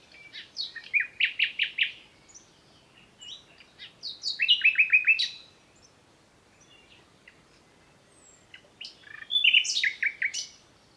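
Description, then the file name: Common nightingale song: three loud phrases of rapid repeated notes and varied whistles, separated by pauses. "Luscinia megarhynchos"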